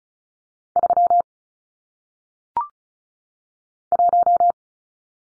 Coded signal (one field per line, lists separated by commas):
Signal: Morse code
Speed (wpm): 36 wpm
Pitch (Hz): 700 Hz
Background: none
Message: 3 1